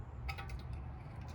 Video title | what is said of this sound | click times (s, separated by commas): 1984 Mercedes 380SL R107 Spark plug replacement | make sure you hear it click last one | 0.3 s